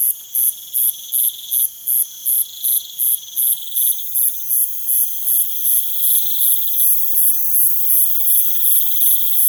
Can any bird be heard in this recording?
no